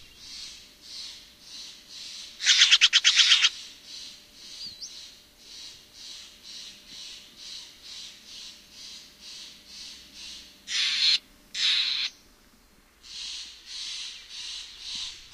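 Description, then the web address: Steller's jay giving a long, steady series of harsh, buzzy notes, broken by a few louder rasping rattles and a brief pause near the end. "Songs of Birds of North America Know Your Bird Sounds Common Western Species. Stellers Jay"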